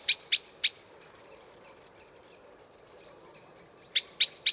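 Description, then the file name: Eurasian blackbird producing crisp, repeated chink notes: three at the start, a long pause, then three more, against a low hiss. "Turdus merula"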